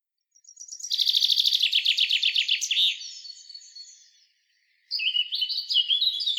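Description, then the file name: Common chaffinch song: a rapid descending trill of repeated notes ending in a flourish, then after a short gap another phrase of bright notes. "Fringilla coelebs"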